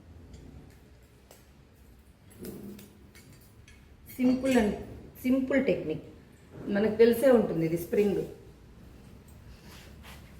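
A spring lock on the leg/frame of a folding idol stand is handled while someone talks. A few faint, short knocks come between about 1.3 and 3.7 seconds. The clip ends before the lock snaps into place, so nothing has seated or clicked yet.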